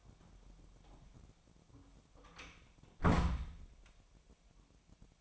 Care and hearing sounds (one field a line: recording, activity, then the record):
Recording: daily activity, microphone in the room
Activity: close door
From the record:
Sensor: 1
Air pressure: 1007.3 hPa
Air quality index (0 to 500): 198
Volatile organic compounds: 20 ppm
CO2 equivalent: 2674 ppm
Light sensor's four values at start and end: 13/33/13/15 and 13/32/13/14